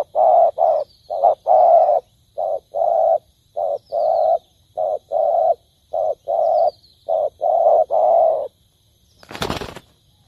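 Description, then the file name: Spotted dove coos in short-long pairs, repeating for about eight seconds. Faint thin high notes sound in the background, then a brief sharp noise near the end. Cooing (Vietnamese: gáy). "tieng cu dat gay"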